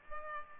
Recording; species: mosquito wingbeat signal from an infrared sensor; Culex pipiens